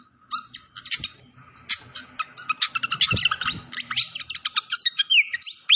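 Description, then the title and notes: Malaysian pied fantail song: scattered chips building into quick squeaky notes and slurred whistles, with a few soft low thumps. Clear-voiced song used for training cage birds, mixed with the sound of flowing water. "Masteran Sikatan Kipas Suara Jernih Dan Suara Gemericik Air. Suara Burung Sikatan Londo"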